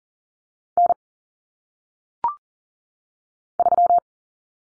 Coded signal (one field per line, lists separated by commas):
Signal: Morse code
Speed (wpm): 40 wpm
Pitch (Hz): 700 Hz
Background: none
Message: N 3